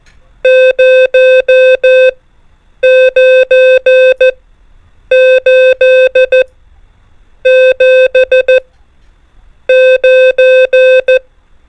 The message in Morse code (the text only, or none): 0 9 8 7 9